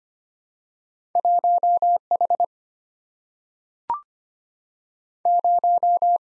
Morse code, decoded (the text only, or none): 1H 0